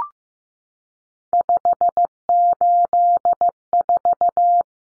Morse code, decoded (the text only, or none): 584